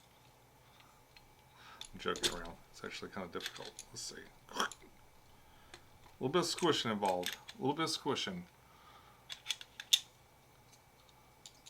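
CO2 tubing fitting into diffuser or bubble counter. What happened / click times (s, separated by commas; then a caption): The plastic tubing fitting pushed home / 9.9 s. Someone talks while squeezing and pushing a plastic CO2 tubing fitting into a diffuser or bubble counter, which takes some effort and squishing. A few faint ticks come just before a sharp click at 9.9 s as the fitting seats in place.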